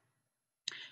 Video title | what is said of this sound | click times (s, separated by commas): Let's Do Our First Cut on Silhouette Cameo4 | want to make sure with your blade guys that your blade locks into Carriage one | 0.7 s